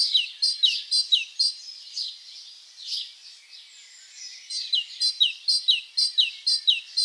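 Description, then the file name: Great tit song: quick repeated high two-note phrases, bright descending notes in bursts separated by a quieter pause. "Parus major"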